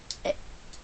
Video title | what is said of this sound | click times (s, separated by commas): Decepticon brawl review | um that should click in but it clicks out on its own | 0.1 s, 0.3 s